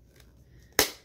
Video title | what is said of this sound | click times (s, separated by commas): Dollar Tree Haul 8/23/19 | it snaps into place okay you want to kind of turn | 0.8 s